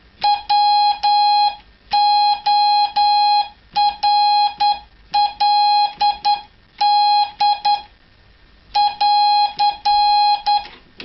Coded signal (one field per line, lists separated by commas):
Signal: Morse code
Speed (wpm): 10 wpm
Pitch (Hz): 830 Hz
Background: none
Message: WORLD <AR>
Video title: #รหัสมอร์คือกุญแจไขประตูสู่โลกวิทยุสมัครเล่น #Morse_code_opens_doors_to_the_world AR